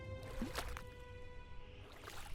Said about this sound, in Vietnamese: Tiếng mái chèo khua trong nước nghe thật êm tai. Gió ngoài sông cứ mát mẻ, dễ chịu vô cùng. Chiều hôm nay con sông không hề gợn một chút sóng, mặt nước phẳng lặng như tờ,